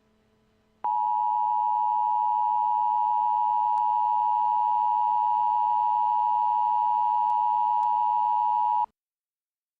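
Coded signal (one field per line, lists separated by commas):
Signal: Emergency Alert System (SAME) tones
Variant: 853 and 960 Hz attention tone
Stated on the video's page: Fictional EAS scenario.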